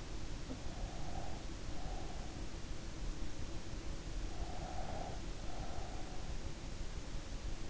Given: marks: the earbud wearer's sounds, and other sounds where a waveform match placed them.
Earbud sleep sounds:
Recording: sounds in sleep by an in-ear microphone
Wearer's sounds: breath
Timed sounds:
0.56-2.53 s: breath
4.45-6.22 s: breath

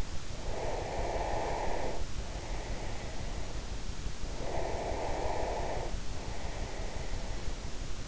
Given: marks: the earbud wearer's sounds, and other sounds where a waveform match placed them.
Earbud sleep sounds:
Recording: sounds in sleep by an in-ear microphone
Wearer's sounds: breath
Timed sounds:
0.38-3.63 s: breath
4.24-8.08 s: breath

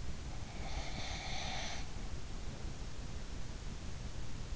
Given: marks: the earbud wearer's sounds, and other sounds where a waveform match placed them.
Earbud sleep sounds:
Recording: sounds in sleep by an in-ear microphone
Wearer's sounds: snoring breath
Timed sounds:
0.53-1.85 s: snoring breath

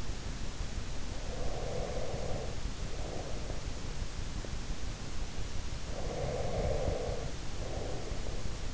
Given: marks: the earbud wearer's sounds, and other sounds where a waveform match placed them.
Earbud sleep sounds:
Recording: sounds in sleep by an in-ear microphone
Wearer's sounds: breath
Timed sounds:
0.96-4.16 s: breath
5.69-8.74 s: breath

